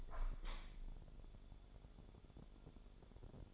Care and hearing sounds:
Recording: daily activity, microphone in the room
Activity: open window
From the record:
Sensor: 5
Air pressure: 1015.0 hPa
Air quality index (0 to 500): 108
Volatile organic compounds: 2 ppm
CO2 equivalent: 1162 ppm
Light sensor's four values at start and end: 35/81/33/31 and 35/81/33/31

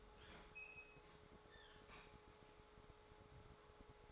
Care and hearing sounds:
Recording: daily activity, microphone in the room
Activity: open fridge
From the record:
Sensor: 3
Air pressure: 1004.6 hPa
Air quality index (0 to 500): 192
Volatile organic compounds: 13 ppm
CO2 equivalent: 2406 ppm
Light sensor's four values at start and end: 5/13/5/5 and 5/13/5/5

